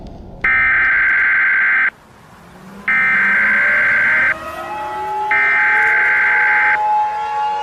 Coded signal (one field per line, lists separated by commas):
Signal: Emergency Alert System (SAME) tones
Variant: header bursts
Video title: EAS SCENARIO #2 - A-Hole